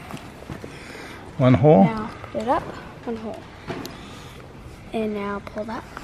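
A stirrup leather is let out by one hole, and its buckle is handled as it is pulled up toward the saddle's stirrup bar. Someone talks over a few soft handling noises, with brief sharp ticks at 0.1 and 3.9 seconds. The buckle has not clicked into place yet.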